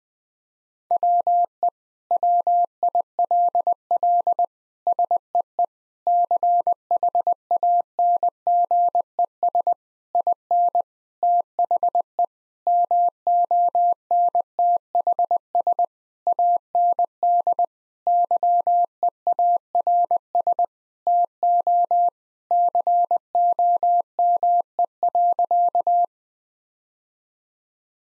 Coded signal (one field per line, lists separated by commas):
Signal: Morse code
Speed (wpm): 20 wpm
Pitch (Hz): 700 Hz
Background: none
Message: WE WILL SEE CHANGES IN THE MONTHS AND YEARS TO COME.